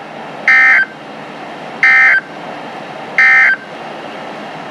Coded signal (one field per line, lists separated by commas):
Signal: Emergency Alert System (SAME) tones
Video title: August 2017 EAS Compilation (EAS #581-623)